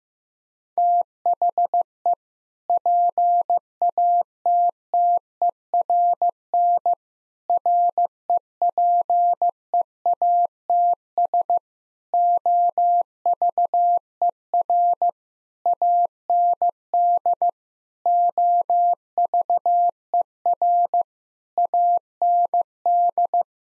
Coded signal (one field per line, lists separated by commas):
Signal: Morse code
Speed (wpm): 15 wpm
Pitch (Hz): 700 Hz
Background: none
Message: THE PATTERN REPEATS OVER AND OVER AND